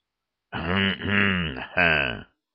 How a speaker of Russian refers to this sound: Мудро кашляет маршал, сверкая генеральскими звездами.